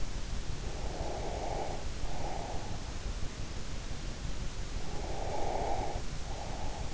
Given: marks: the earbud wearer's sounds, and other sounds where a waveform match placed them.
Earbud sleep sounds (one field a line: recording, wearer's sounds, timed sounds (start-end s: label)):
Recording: sounds in sleep by an in-ear microphone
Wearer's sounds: breath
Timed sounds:
0.72-2.78 s: breath
4.91-6.94 s: breath